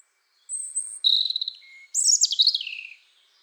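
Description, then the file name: European robin song: a high thin whistle, a sustained warbling trill, then a tumbling cascade of rapid notes falling at the end. "Erithacus rubecula"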